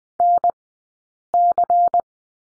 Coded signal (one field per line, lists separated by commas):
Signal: Morse code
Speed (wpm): 20 wpm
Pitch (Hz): 700 Hz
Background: none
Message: NC